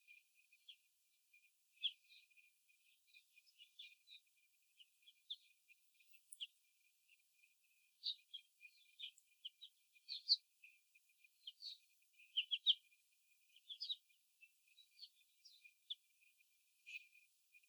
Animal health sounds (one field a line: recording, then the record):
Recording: young laying hens in a cage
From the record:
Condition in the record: before the stressor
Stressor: simulated dog barking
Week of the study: 4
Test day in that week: 2